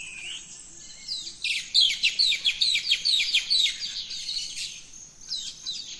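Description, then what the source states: Birds singing at dawn, one voice giving a fast run of sharp descending chirps, with other birds twittering and a high insect tone. Dawn chorus of rainforest birds, Gran Sabana, Venezuela.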